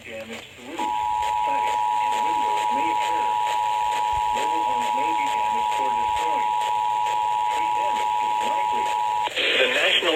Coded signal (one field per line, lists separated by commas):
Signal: Emergency Alert System (SAME) tones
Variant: 853 and 960 Hz attention tone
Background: speech